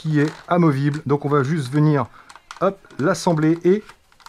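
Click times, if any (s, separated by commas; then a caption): none. Someone talks while fitting the removable tail boom of a FW450L-V3 FLY WING RC helicopter onto the main frame, and two faint short ticks at about 4.2 and 4.3 s close the clip. The tail boom has not clipped in yet; nothing has seated.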